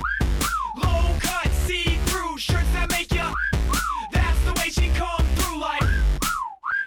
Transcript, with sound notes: Low-cut, see-through shirts that make ya [whistles]
That's the way she come through like